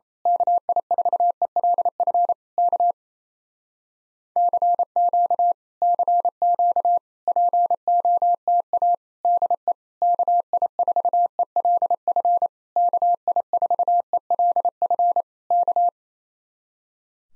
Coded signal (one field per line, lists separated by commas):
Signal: Morse code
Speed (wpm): 26 wpm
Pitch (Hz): 700 Hz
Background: none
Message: KI4ELF K CQ CQ POTA DE KI4ELF KI4ELF K